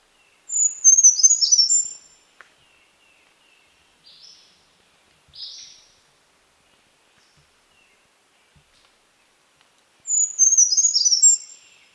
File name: BRCR SONG TN - Brown Creeper - Certhia americana nigrescens